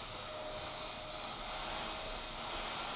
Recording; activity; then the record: daily activity, microphone in the room; vacuum cleaning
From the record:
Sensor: 5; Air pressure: 1010.3 hPa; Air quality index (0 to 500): 120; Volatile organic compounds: 2 ppm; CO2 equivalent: 1180 ppm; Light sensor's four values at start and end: 490/1250/517/577 and 489/1247/517/576